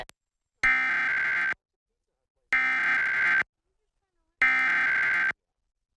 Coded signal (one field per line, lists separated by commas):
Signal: Emergency Alert System (SAME) tones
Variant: header bursts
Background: speech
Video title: Various Emergency Alert System (EAS) Tests - Month of 10/2021